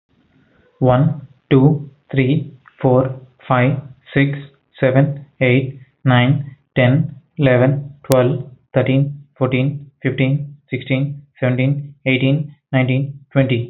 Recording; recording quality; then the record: counting at a normal pace; excellent, no background noise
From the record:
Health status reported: healthy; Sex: male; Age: 30 years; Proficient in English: yes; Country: India